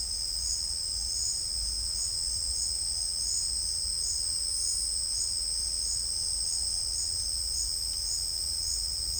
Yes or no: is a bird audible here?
no